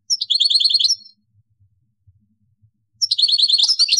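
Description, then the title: European goldfinch song in two short phrases of fast, liquid twittering notes, the second more varied and buzzy, with a quiet gap between. "Chant Chardonneret"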